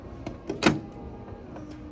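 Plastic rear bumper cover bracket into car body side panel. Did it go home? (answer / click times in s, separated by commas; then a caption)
yes / 0.7 s. A new plastic rear bumper cover bracket on a 2011-2016 Scion tC is lined up with the holes on the car body side panel and pressed in. After a couple of faint knocks at 0.3 s and 0.5 s, its clips snap sharply into place at 0.7 s. The bracket is seated.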